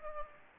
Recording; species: mosquito wingbeat signal from an infrared sensor; Aedes aegypti